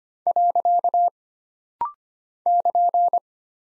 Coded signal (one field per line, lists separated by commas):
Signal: Morse code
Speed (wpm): 25 wpm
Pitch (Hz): 700 Hz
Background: none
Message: . <KN>